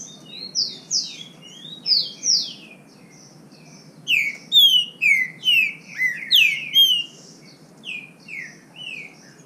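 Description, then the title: Green-winged saltator song: phrases of loud, slurred whistled notes in bursts, with a pause midway before a stronger run of rising and falling whistles. Singing in the bush, in song contest with a free-living bird of the same kind. "Trinca Ferro NICÃ O No Mato Disputando Com Solto"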